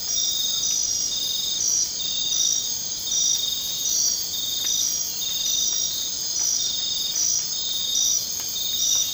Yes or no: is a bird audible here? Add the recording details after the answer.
no. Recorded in dense forest near Puerto Asís, Putumayo, Colombia, on 24 March 2025 at 00:30. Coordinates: 0.500, -76.322. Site GP06